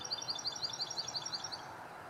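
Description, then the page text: Carolina Wren giving a quick run of evenly spaced sharp high notes, then falling quiet against a soft background hiss. Calls loudly. "Carolina Wren Thryothorus ludovicianus"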